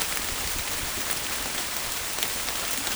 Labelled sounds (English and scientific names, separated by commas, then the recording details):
none
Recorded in dense forest near Puerto Asís, Putumayo, Colombia, on 29 June 2025 at 13:30
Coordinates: 0.503, -76.323
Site G059